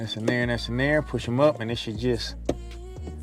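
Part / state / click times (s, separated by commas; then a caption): map light lens cover into overhead console housing / not seated / none. Someone talks while the plastic map light lens cover of a 2020 WRX is pushed up into the overhead console housing, with a brief sharp sound partway through. The cover has not clicked into place or seated by the end of the clip.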